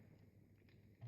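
A piece of armor for a 1/6-scale Hot Toys Iron Man Mk 3 diecast action figure (MMS 256 D07) is handled, with its two small red plastic pegs lined up with two holes behind a silver part. Quiet, low rustling handling noise is heard, rising slightly at the very end. Nothing has seated or clicked yet.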